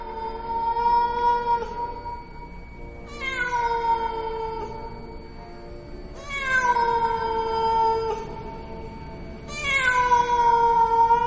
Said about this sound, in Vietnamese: Bất thình lình ở ngoài cửa có tiếng mèo kêu não lòng giữa đêm khuya, nó như tiếng trẻ con đang kêu khóc vậy.